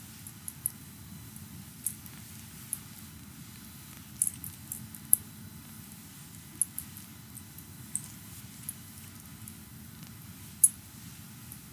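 A four-hand full body massage: a steady low hum runs underneath throughout while soft, bright slaps and squishy skin sounds pop up every second or two, with a sharper tap near the middle and another toward the end.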